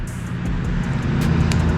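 A plastic plug of the light harness on a 2025 Road Glide is pushed onto the right blinker connector over a steady low hum. A short, sharp click at 1.5 s confirms the plug is seated.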